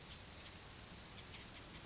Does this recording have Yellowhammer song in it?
no